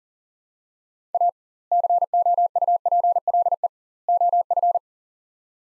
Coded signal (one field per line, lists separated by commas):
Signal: Morse code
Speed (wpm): 40 wpm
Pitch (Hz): 700 Hz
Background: none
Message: A COUPLE OF